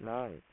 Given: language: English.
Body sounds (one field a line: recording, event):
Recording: throat vibration sensor signal played as sound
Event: speech